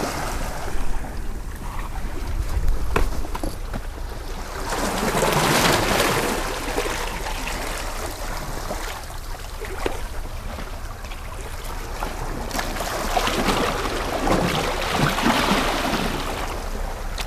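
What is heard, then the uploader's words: Ocean water sloshes and churns, with swells of washing noise rising around 5–7 seconds and again near 13–15 seconds. Sharp clicks and knocks crackle throughout, over a low, steady rumble like moving water heard from below. Ocean. Waves and underwater sounds, Croatia. Teos perustuu Petri Kuljuntaustan äänityksiin Splitin rannikolta.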